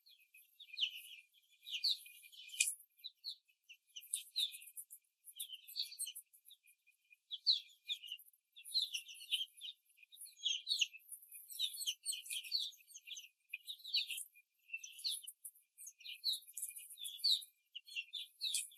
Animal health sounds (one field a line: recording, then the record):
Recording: young laying hens in a cage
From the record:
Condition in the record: after the stressor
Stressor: simulated dog barking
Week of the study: 3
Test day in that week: 1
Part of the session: 2